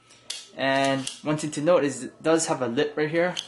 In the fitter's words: quite strong clip, and also slides out quite nicely, locks into place, just like that.